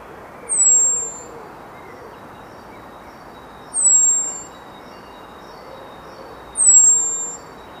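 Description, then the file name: Common blackbird call: three thin, high, downslurred seee notes spaced about three seconds apart, over steady background noise. "Turdus merula"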